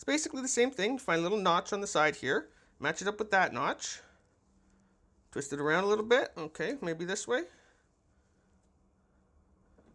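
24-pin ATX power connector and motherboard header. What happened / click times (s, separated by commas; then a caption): Connector lined up, not yet seated / none. Someone talks while lining up a 24-pin ATX power connector with the notch on the motherboard header, twisting and turning it to find the right orientation before sliding it in. Speech fills most of the clip with a quiet pause around 4 to 5 seconds and low background after 7.5 seconds. Nothing has seated or clicked yet.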